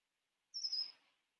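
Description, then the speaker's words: Red-winged Blackbird call: a single thin, high whistle that slurs slightly downward and fades into a soft buzz within about three-quarters of a second, otherwise quiet. Heard outside during a live coaching session. "Can you hear the bird outside? The red-winged blackbird."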